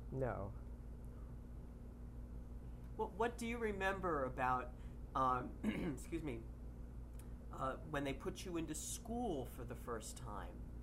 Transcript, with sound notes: No.
Well, what do you remember about -- [clears throat] excuse me -- when they put you into school for the first time?